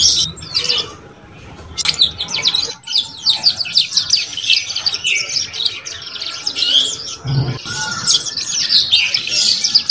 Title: Canto Para Esquentar Canário Belga. SUARA KENARI PAUD CUIT CUIT BELAJAR BUNYI - pancingan kenari paud muda agar cepat bunyi dan ngeriwik